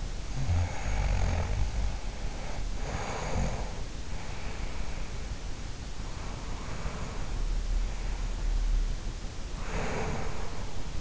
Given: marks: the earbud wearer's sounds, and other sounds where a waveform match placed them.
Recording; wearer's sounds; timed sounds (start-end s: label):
sounds in sleep by an in-ear microphone; snoring breath, breath
0.00-4.47 s: snoring breath
4.58-11.01 s: breath